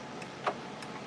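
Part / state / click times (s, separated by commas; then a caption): safety interlock switch on a vacuum motor unit / not seated / none. The safety interlock switch on the underside of a Rainbow E2 Series water-filtration vacuum's motor unit is being handled and pressed to activate it. Two brief ticks sound at about 0.5 s and 0.8 s, the first louder, over a faint steady hiss. Nothing has seated or clicked yet.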